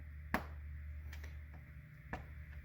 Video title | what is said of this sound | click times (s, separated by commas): Sig MCX Virtus PCP - Accuracy Problem Solved? | go like that and you can hear that little click that is the sound of the pellets properly seating | 0.3 s, 1.1 s, 2.1 s